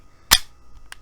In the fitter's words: snaps right in place locks the slide open again not a problem